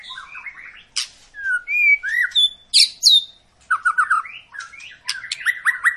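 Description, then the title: White-rumped shama song, mixing smooth whistled slurs, harsh squawks and quick repeated chattering notes in a lively jumble. Long lure recording of an actively singing White-rumped shama, played to make other birds sing. "Pancingan Murai Batu Gacor Panjang"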